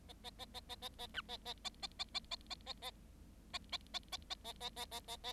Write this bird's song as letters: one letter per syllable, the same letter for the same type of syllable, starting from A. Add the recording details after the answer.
A A A A A A A B A A A A A A A A A A A A A A A A A A A A A. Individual Bird7